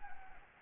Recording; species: mosquito wingbeat signal from an infrared sensor; Anopheles arabiensis